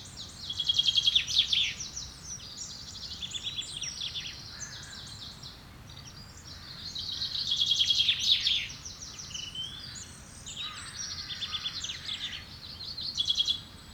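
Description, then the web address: Several birds sing at once, with bright trills, sharp chirps and sliding whistles coming in waves every few seconds against constant low rushing background noise. Birds in woodland. "Effects 02-Birds, Insects Animals. Birds woodland"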